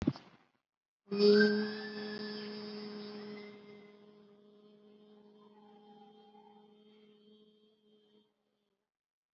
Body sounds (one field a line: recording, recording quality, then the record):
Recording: sustained vowel as in beet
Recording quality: excellent, no background noise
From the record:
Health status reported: COVID-19 positive, moderate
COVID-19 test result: positive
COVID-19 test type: RT-PCR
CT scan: taken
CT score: 8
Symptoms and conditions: cough, cold, breathing difficulty, fever, fatigue, loss of smell and taste, another condition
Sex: female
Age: 43 years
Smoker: no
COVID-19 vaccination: none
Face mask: worn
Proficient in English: no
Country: India